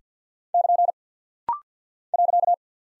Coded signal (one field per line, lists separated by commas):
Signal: Morse code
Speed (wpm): 50 wpm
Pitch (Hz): 700 Hz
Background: none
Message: <KN> .